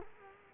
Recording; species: mosquito wingbeat signal from an infrared sensor; Culex quinquefasciatus